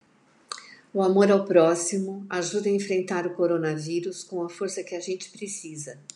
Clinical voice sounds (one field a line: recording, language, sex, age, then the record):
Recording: spoken sentence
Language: Brazilian Portuguese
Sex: female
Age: 60 to 69 years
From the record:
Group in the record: control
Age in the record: 65 years